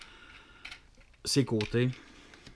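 A panel on a plastic Transformers Age of Extinction Galvatron Voyager action figure is folded back toward the side clips it snaps into. Light plastic handling ticks and taps are heard while someone talks. Nothing has seated or clicked into place yet.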